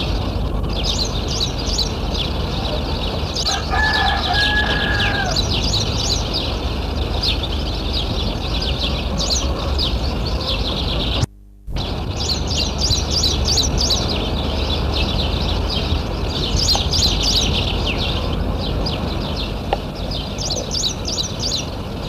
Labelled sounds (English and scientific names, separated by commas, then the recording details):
Rock Sparrow (Petronia petronia) call
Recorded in the wild
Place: Kiten, Burgas, BG
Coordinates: 42.2333, 27.7667
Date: 1968-06-04
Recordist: Stiefel, Arnd
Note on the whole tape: Rufe eines Steinsperlings